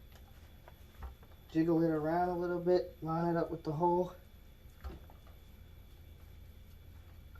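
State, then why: Not seated. Someone talks while jiggling the spring pin clip of a mop handle and lining it up with the hole in the mop frame bracket, with faint handling taps and bumps around 0.7, 1.0, 4.8, 5.1 and 7.4 seconds. The clip has not yet popped into place, and nothing has seated or clicked.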